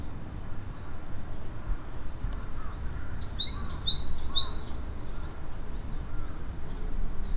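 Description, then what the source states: Bird calls in a quick series of four high, sharp chirps around the middle, then a few faint notes, over a constant low rumble. Recorded 28 April 2008.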